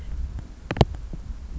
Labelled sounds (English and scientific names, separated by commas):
White-breasted Nuthatch (Sitta carolinensis)